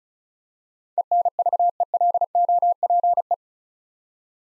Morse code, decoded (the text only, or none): ENVELOPE